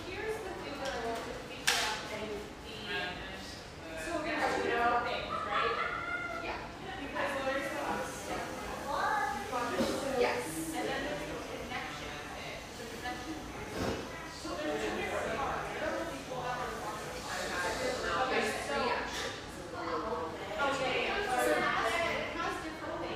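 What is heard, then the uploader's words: Busy espresso-bar chatter, several voices overlapping steadily throughout, with occasional sharp clinks and clatters cutting through around the two-, ten- and fourteen-second marks. Bubbly surf-shack-meets-espresso-bar in one of sunny Marin's best towns.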